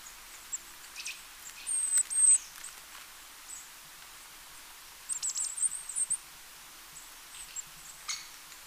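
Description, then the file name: Eurasian blue tit giving thin, very high calls in two short bursts, a pair of sliding notes early on and a quick run of repeated notes later, over faint ticking and hiss. "Cyanistes caeruleus"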